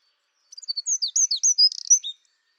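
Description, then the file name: Eurasian wren song: quick series of high, thin chirps and slurred notes tumbling together, with a brief buzzy rattle near the end before stopping abruptly. "Troglodytes troglodytes"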